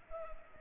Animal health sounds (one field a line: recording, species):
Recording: mosquito wingbeat signal from an infrared sensor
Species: Culex pipiens